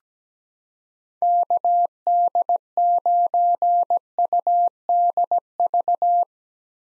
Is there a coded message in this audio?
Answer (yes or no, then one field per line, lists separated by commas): yes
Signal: Morse code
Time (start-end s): 1.2-6.2 s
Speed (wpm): 17 wpm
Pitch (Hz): 700 Hz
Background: none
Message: KD9UDV